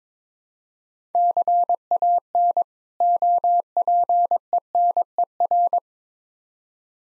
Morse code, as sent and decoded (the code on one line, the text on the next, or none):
-.-. .- -. / --- .--. . -. . .-.
CAN OPENER